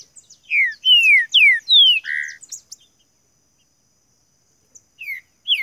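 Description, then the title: Green-winged saltator giving a quick series of falling whistles and a low buzzy note, then silence before two more whistles. Singing bird used to warm up another bird for competition; described as calling, singing and showing male display in contest. "Esse É PERFEITO Para ESQUENTAR Seu TRINCA Piando, Cantando E Macheando Na DISPUTA. TRINCA FERRO CANTANDO MUITO PARA ESQUENTAR TRINCA FERRO"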